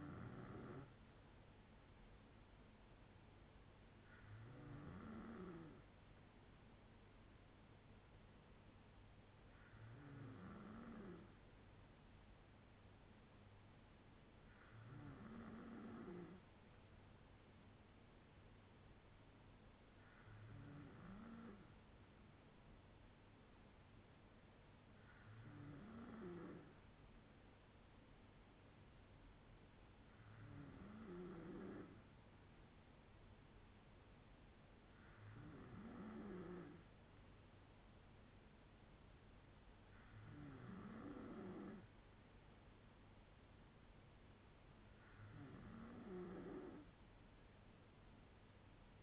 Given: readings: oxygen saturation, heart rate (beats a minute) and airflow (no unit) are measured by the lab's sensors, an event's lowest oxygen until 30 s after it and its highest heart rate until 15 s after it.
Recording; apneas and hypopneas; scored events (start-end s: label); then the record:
breathing in sleep by a voice recorder at the bedside; none
none scored
From the record:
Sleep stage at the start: N2 (light sleep); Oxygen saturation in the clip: 93 to 94%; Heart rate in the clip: 59 to 70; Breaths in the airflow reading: 10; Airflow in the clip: -5.1 to 2.9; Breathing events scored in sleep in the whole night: 182 in 7.4 hours asleep